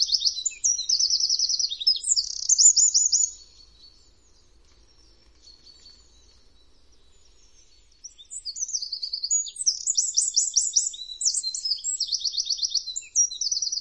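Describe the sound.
Eurasian wren song: loud, high, rapid trills and sharp notes for about three seconds, a pause of several seconds, then another long burst of rattling trills.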